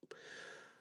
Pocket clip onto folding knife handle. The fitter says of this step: And yeah, it's just going to snap right into place or snap